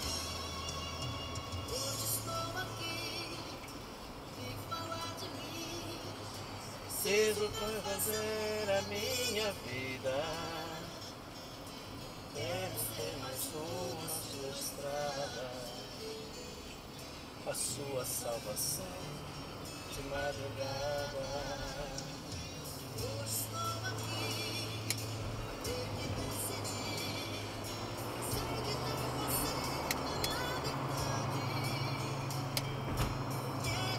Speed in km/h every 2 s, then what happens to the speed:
65, 63, 64, 62, 60, 55, 54, 49, 49, 55, 53, 59, 70, 81, 90, 90, 86.
0-16 slows to 49. 16-28 speeds up to 90. 28-34 steady at about 90.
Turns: none.